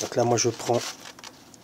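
Someone talks while handling a paper oil filter element at the plastic oil filter housing cover, followed by a few faint handling taps and rustles. Nothing has seated or clicked yet; the element's tabs are not yet clipped onto the cover.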